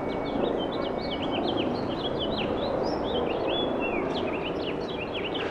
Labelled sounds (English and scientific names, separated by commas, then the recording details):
House Finch (Haemorhous mexicanus) song
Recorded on Long Island, New York, on 6 April 2012
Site BH
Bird B